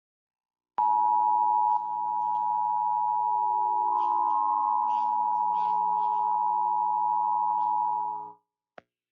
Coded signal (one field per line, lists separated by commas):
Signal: Emergency Alert System (SAME) tones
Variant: 853 and 960 Hz attention tone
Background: music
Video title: Required Monthly Test for March on WYFF-TV (EAS #205)